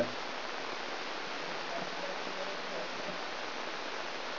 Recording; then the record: brain microelectrode recording played as sound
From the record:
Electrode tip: inside the subthalamic nucleus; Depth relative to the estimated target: -3 mm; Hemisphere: left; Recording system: AlphaMap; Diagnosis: Parkinson's disease